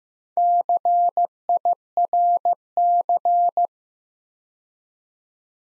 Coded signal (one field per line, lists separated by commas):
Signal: Morse code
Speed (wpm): 15 wpm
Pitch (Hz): 700 Hz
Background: none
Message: CIRC